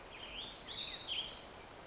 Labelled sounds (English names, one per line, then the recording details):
Warbling Vireo
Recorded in Sonoma County, California